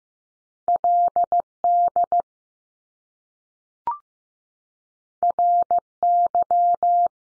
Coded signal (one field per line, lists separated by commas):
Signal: Morse code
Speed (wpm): 15 wpm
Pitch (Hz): 700 Hz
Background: none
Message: L DR Y